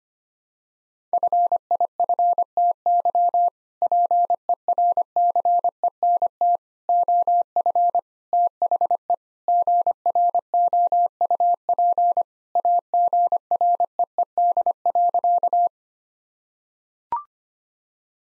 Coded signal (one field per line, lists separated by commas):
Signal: Morse code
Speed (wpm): 25 wpm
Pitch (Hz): 700 Hz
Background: none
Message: FIFTY PERCENT OF THE GROUP AGREED.